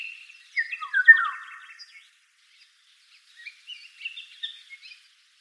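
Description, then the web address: Oriole singing a fluted, whistled phrase with descending notes, then a quieter, broken phrase after a short silence. "bird voices oriole"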